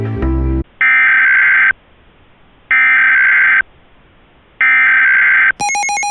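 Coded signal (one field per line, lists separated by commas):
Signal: Emergency Alert System (SAME) tones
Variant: header bursts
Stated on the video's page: Reenactment mock EAS with valid tones for Special Marine Warnings from the National Weather Service.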